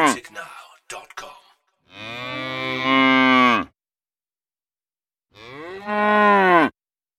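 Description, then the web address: Cow mooing twice, each moo a long, low, drawn-out call with rich harmonics. "the sound pack tree. cow moos"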